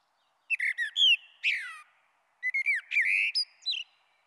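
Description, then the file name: Common blackbird delivering two closely spaced phrases of varied, rich whistles, some slurred downward, mixed with high thin squeaky notes. "Merle Noir"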